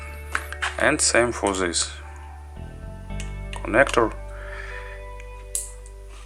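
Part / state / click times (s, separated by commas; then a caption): headphone cable connector into earcup socket / seated / 5.6 s. Someone talks while a detachable cable connector for MrSpeakers Æon Flow headphones is pushed into the earcup socket, over a steady low hum. A little click at 5.6 s marks the connector seating, and the cable is connected.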